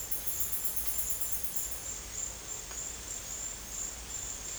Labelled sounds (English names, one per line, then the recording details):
none
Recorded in dense forest near Puerto Asís, Putumayo, Colombia, on 22 December 2024 at 11:30
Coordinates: 0.484, -76.325
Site G056